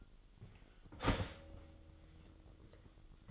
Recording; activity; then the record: daily activity, microphone in the room; start toaster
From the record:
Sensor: 4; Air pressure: 1002.9 hPa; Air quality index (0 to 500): 240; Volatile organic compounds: 18 ppm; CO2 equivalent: 2610 ppm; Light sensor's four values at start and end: 21/75/27/27 and 21/73/27/27